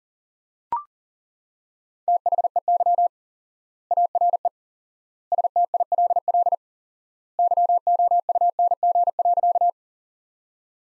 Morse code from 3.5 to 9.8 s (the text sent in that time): ARE STILL YOUNG.